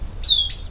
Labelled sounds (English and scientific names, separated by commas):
Stitchbird (Notiomystis cincta) song